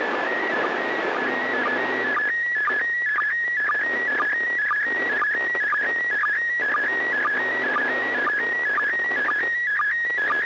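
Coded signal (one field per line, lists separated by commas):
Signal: SSTV (slow-scan television)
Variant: PD 120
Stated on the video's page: SSTV net on an FM repeater on 441.300 MHz, images sent with MMSSTV software.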